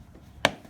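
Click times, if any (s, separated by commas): 0.5 s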